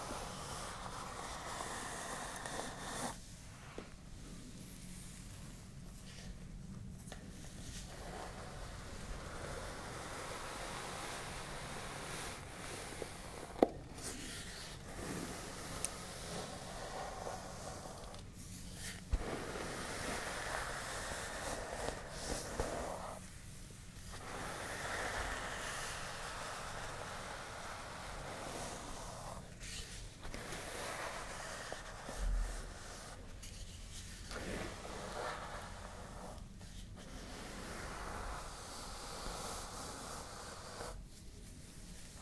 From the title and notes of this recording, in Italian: Il rumore della spazzola fra i capelli.